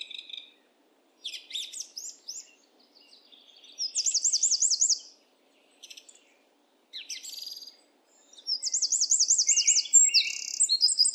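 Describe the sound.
Eurasian wren song: loud, rapid bursts of high twittering notes with fast, even trills, in several phrases separated by short pauses.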